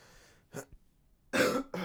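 Three harsh cough bursts in an adult man who is sick with the flu, a short one then two loud ones.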